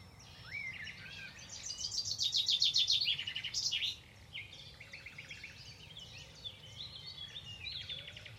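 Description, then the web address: Bird song: a rising whistle leads into a long rapid buzzy rattle, followed by softer repeated trilled notes, with low background hum. "Deverinetal. Bird Only"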